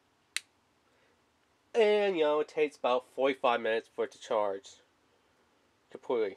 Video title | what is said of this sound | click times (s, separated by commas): UNBOXiNG REViEW OF SOUNDLOGiC XT BLUE UNiVERSAL SELFiE LED FLASH ADAPTER | sure you put it in fully and you hear that little snap and | 0.4 s